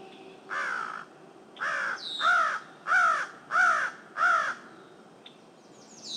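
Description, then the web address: Crow giving six loud, hoarse caws in steady succession, each call harsh. "anemoi. crow"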